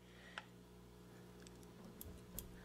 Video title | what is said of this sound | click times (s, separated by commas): DJI Phantom 3: How To Perform Software Updates Properly | like so you hear that click like that you can see it in there fully uh secured | 2.4 s